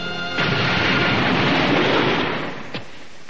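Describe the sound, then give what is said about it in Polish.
A loud explosion blast bursts in suddenly and roars as a dense, rumbling wash of noise for about two seconds before fading, followed by a brief sharp crack. “Piękne fajerwerki.”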